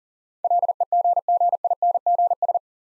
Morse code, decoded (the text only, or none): LEGGINGS